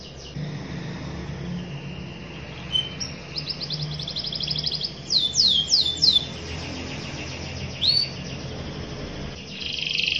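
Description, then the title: Canary song: scattered high trills and quick swoops, with a burst of sharp downsweeping notes midway. Cengkok song style; long, lively (gacor) singing. "Cengkok Kenari Mewah. Kenari gacor panjang"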